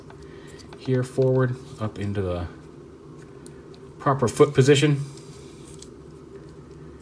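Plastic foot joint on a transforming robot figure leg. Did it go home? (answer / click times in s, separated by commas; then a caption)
yes / 5.8 s. Someone talks while the plastic foot joint on the leg of an Iron Factory IF-EX12G Genesic Blueflash transforming robot figure is rotated forward and up into its proper foot position. The foot clicks into place at 5.8 s, a short sharp click showing it is seated correctly.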